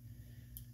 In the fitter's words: get them line started yeah got them started and you'll hear them they click they